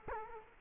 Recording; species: mosquito wingbeat signal from an infrared sensor; Culex quinquefasciatus